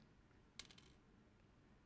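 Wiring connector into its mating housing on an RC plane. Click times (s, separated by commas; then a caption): 0.6 s. A wiring connector on an RC combat wing is pushed into its mating housing with a small tool and gives a sharp, bright click at 0.6 s, followed by a fainter tick at 0.8 s and a brief high ring. The connector is seated.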